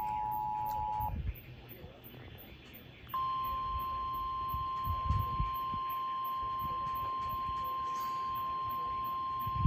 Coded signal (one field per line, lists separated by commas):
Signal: Emergency Alert System (SAME) tones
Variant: 853 and 960 Hz attention tone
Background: speech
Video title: TOR On 107.9 FM And 106.5 The End EAS #565 (1/9/24)